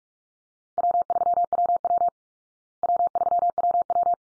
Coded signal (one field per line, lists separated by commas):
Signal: Morse code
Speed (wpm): 44 wpm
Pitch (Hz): 700 Hz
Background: none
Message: W3WW W3WW